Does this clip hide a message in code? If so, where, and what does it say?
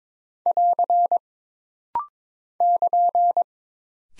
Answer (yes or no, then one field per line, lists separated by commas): yes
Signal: Morse code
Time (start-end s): 0.5-3.4 s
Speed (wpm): 22 wpm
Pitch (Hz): 700 Hz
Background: none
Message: <AR> <KN>